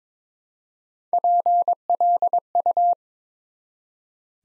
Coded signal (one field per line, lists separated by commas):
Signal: Morse code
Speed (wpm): 22 wpm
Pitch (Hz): 700 Hz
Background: none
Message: PLU